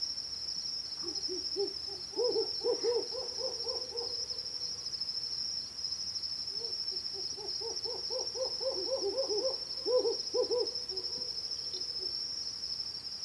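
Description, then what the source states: Hume's owl giving rapid pulsed hoots in long runs, two series overlapping in places, with a steady high-pitched insect trill throughout. Pulsed hooting and compound hooting given during a territorial confrontation between two males.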